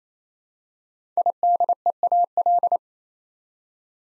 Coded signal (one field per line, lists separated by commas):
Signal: Morse code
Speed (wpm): 27 wpm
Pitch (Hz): 700 Hz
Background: none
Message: IDEAL